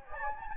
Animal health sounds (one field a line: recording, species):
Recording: mosquito wingbeat signal from an infrared sensor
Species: Anopheles gambiae